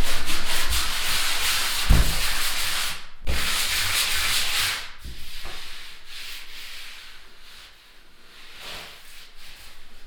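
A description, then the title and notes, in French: Hand sanding of a plaster wall: dense, hissy rasping strokes, louder in the first five seconds, then lighter, thinner scraping with brief pauses. Poncage manuel d'un mur en plâtre. Couternon.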